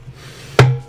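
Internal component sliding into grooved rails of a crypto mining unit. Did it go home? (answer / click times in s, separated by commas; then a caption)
yes / 0.6 s. An internal component of a FusionSilicon X2 crypto mining unit is lined up with its grooves and slid forward along the grooved rails until it locks into its slot. A sharp click at 0.6 s marks it seating, with a faint ring trailing after and a quieter knock near the end.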